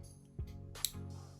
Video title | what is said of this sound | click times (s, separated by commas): John Lewis Sewing Machine - How to Thread JL110SE - Abi ❤️✂️🧵 | guide it along there and hear a click | 0.9 s